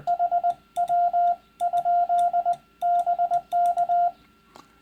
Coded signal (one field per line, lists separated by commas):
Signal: Morse code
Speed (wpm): 20 wpm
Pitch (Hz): 700 Hz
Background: radio noise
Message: HW? BK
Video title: First CW Contact - Last of the Hnts, blah blah. lol. Part 5 of x